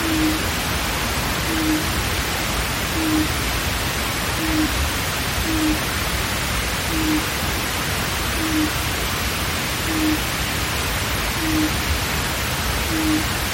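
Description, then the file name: Japanese night heron repeating a deep, hollow boo note at an even pace, roughly every one and a half seconds, ten hoots over strong hissing noise. "mizogoi"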